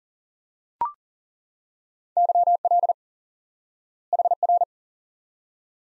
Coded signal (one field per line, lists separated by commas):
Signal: Morse code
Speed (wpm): 40 wpm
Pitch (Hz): 700 Hz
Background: none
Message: YL HR